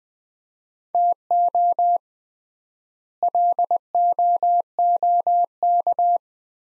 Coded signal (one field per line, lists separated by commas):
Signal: Morse code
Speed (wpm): 20 wpm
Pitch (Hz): 700 Hz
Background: none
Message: TO LOOK